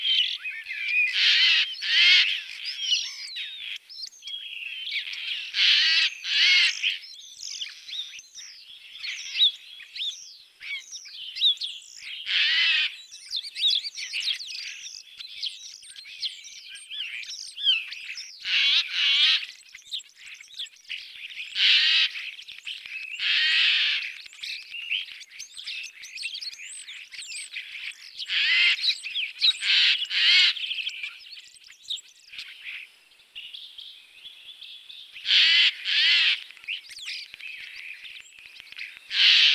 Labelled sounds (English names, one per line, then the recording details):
Eurasian Jay song
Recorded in the wild
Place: Oberrotweil am Kaiserstuhl, Baden-Württemberg, DE
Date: 1985-03-30
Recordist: Schwarz, Dieter